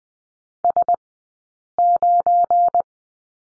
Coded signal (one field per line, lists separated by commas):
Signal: Morse code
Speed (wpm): 20 wpm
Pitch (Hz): 700 Hz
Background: none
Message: S9